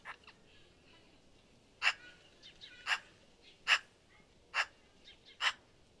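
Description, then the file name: Eurasian magpie uttering loud, dry rasping notes roughly once a second, with softer scratchy sounds between them. "Pica pica"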